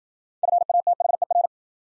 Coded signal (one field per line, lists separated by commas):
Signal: Morse code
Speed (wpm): 53 wpm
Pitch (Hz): 700 Hz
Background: none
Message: FATHER